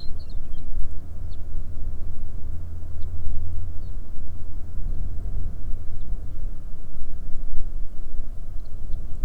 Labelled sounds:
songbird, wind

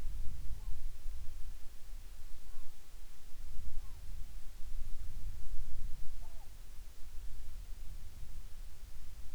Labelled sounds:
bird

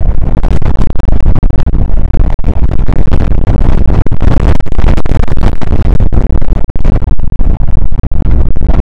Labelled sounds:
wind

